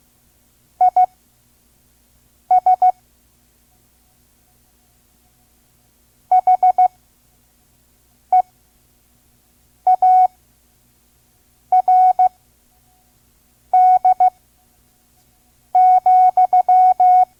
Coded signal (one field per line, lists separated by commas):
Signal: Morse code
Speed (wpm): 15 wpm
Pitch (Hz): 740 Hz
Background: radio noise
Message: IS HEARD,